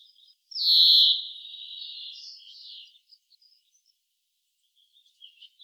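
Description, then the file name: European greenfinch call: one loud buzzy wheeze that trails off into a softer, wavering buzz lasting about two seconds, then faint chips. "Chloris chloris"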